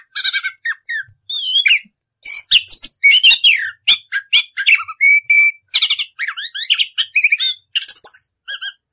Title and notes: Anis Kembang 9. suara anis kembang ngerol. Masteran Anis Kembang